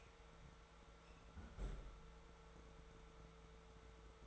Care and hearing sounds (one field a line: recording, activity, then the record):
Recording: daily activity, microphone in the room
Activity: close fridge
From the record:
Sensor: 3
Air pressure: 1014.9 hPa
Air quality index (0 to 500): 201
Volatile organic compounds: 29 ppm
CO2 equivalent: 2932 ppm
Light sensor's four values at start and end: 37/93/40/43 and 37/92/39/42